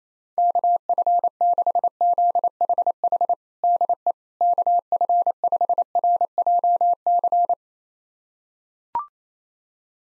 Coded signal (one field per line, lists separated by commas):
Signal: Morse code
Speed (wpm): 28 wpm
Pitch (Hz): 700 Hz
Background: none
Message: KF6ZHH DE KF5RJC